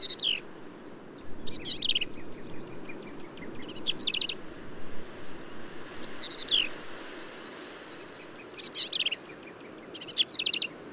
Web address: songs Black-capped Vireo